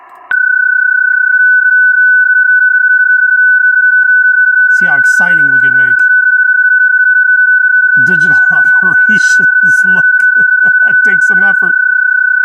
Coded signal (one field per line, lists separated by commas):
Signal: PSK31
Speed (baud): 31.25 baud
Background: speech